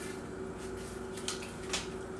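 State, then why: Seated. Two plastic terrain room pieces of a tabletop inn model are snapped together, one room piece into the adjoining room piece, over a steady low hum. Sharp snap clicks sound at 1.3 s and 1.7 s as the pieces seat together.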